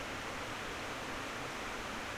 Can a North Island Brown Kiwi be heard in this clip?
no